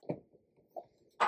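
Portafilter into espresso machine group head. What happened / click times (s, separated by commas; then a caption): The metal part is being handled but has not yet locked in place / none. After the ground coffee is tamped, a metal portafilter is inserted into the group head of a PULZO espresso machine and twisted toward its locked position. There is a dull knock near the start, a light tap at about 0.8 s, and a louder, bright handling hit just at the end. The clip stops before the portafilter goes home, so nothing has seated or locked yet.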